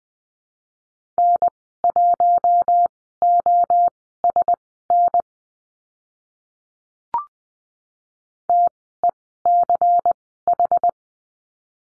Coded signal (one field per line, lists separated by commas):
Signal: Morse code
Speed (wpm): 20 wpm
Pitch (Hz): 700 Hz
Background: none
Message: N1OSN TECH